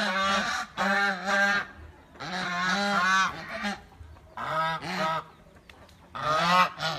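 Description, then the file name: Goose producing repeated nasal honks in several loose groups separated by short gaps. "Tieng ngong keu"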